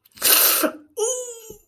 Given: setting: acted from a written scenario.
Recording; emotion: vocal sound without words; pain